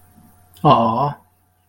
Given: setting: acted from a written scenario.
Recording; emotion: vocal sound without words; adoration